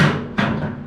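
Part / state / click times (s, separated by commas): folding front shelf latch on a pellet grill body / seated / 0.4 s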